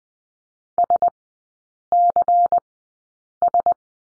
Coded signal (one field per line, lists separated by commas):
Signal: Morse code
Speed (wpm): 20 wpm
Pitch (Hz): 700 Hz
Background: none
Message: SCS